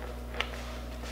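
A metal clasp on a Gucci leather item, either the Gucci Dionysus Medium handbag or the Gucci wallet, is snapped shut. Against a steady low hum, a soft rustle builds from about 0.35 s into a single sharp, bright click at 0.4 s as the clasp seats closed.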